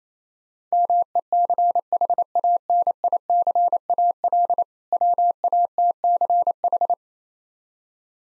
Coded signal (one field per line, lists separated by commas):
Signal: Morse code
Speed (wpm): 28 wpm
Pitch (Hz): 700 Hz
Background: none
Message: MECHANICAL WATCH